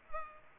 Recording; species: mosquito wingbeat signal from an infrared sensor; Culex pipiens